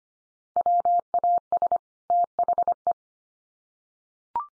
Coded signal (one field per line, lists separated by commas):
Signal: Morse code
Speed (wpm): 25 wpm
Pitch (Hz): 700 Hz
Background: none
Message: WAS THE